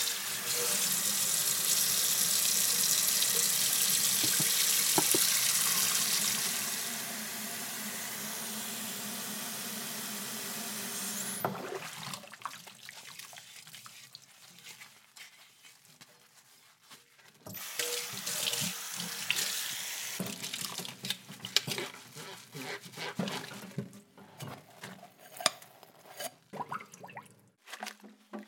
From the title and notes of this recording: The Kitchen Sink Audio Prop sound effects pack includes sink fills and drains, glasses, utensils, pots and pans, all immersed in soapy, sudsy goodness.